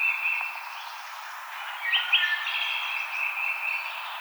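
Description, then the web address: Wood thrush fluted song, with a bright liquid phrase in the middle that rings on. Recorded 5 May 2007. "Wood Thrush 2007 05 05"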